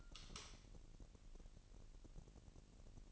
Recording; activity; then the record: daily activity, microphone in the room; light on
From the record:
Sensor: 4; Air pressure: 1002.7 hPa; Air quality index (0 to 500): 248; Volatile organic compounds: 18 ppm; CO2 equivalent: 2620 ppm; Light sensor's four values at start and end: 6/13/5/5 and 6/15/6/6